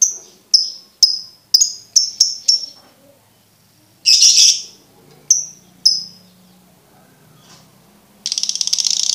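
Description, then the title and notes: Lovebird calls: a run of sharp high chirps, a brief buzzy burst, two more chirps, then a fast rattling trill at the close. Used to train birds to learn ngekek singing. "MASTERAN BURUNG 2. Belajar Ngekek. lofbet"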